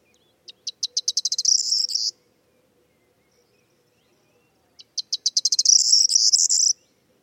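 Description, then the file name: Corn bunting delivering two songs with a long pause between, each opening with separated clicks that accelerate into a shimmering, metallic jangle. "Zden k Vermouzek - Prosyanka Emberiza calandra"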